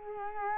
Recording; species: mosquito wingbeat signal from an infrared sensor; Culex quinquefasciatus